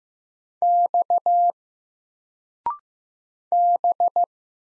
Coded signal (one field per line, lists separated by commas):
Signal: Morse code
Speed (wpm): 15 wpm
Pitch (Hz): 700 Hz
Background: none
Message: X B